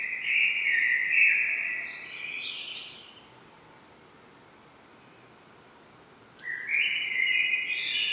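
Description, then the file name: Common blackbird song, a low fluted warble rising into a squeaky high flourish, followed by three seconds of near silence before the next melodious phrase begins. "Turdus merula"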